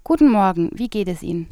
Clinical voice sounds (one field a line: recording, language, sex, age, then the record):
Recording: spoken sentence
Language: German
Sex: female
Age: 20 to 29 years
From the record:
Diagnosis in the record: healthy voice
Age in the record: 24 years